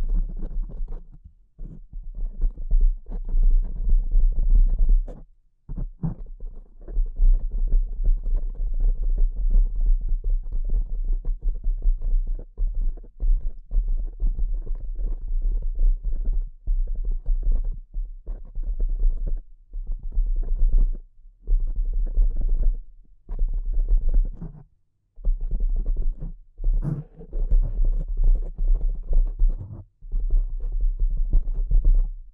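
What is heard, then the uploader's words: Delicate tapping goes on almost without pause, soft and muffled with a dull low thud under each touch and little brightness. The taps come in quick, uneven clusters broken by short silences near 1, 5, 20 and 25 seconds, with a sharper click around 27 seconds. ASMR Delicate Tapping (No Talking).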